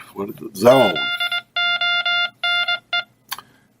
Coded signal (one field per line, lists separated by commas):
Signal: Morse code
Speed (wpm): 21 wpm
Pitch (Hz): 2100 Hz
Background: speech, music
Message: ZONE